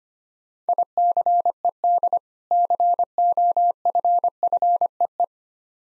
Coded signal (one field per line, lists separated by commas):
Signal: Morse code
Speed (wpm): 25 wpm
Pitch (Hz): 700 Hz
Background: none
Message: ICED COFFEE